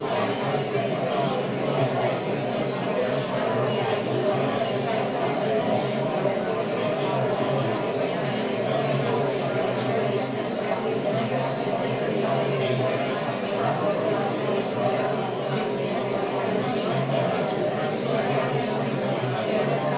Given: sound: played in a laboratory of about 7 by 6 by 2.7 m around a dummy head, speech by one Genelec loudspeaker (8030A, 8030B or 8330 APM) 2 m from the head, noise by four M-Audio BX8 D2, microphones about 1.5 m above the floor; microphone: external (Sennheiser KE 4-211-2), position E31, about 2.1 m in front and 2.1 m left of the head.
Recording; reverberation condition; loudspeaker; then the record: babble noise; medium; four, about 170 cm from the corners of the room and facing them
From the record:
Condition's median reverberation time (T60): about 510 ms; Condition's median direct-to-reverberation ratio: about -0.5 dB